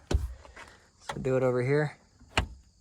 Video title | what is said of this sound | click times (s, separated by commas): How To Put Down Rear Seats VW Jetta 11 12 13 14 15 16 17 18 2011 2012 2013 2014 2015 2016 2017 2018 | hear the click, | 2.4 s